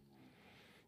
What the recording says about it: You can hear Winnie snoring in the background. that's the thing with Frenchies, is that you can hear them snoring a lot.